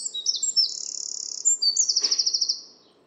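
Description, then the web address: Bird calls, high thin whistles and sliding notes followed by a rapid trill of repeated notes. "cianscape birddata Deverinetal 2025. Bird Only"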